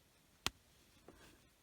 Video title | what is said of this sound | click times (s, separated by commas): CROCHET CAT KITTEN TIGER FREE PATTERN AMIGURUMI CROCHET A LONG | Then I'm going to put my back on and then just give it a good squeeze. Listen for the clicks. | 0.5 s